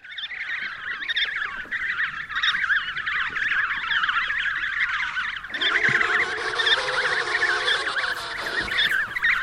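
Dense penguin chorus of harsh, overlapping honks, joined midway by a loud, sustained, lower braying call that lasts to the end.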